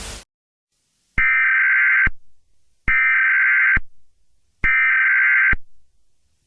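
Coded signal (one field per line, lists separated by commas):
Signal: Emergency Alert System (SAME) tones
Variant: header bursts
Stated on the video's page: Simulated Emergency Alert System scenario of a nuclear attack on the U.S.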